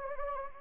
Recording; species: mosquito wingbeat signal from an infrared sensor; Anopheles gambiae